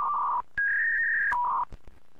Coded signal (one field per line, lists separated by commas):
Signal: fax machine handshake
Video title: Dial up Internet #animation #animationmeme #art #artwork